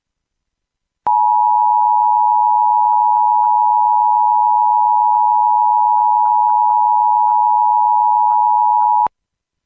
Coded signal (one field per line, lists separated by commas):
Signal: Emergency Alert System (SAME) tones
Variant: 853 and 960 Hz attention tone